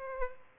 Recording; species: mosquito wingbeat signal from an infrared sensor; Aedes albopictus